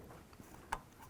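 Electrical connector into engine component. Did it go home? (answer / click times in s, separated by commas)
yes / 0.7 s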